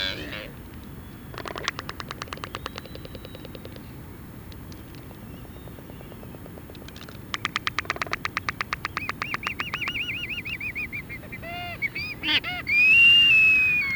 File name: Black footed Albatross Phoebastria nigripes